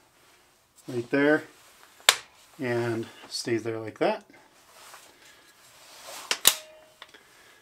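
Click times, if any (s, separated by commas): 6.5 s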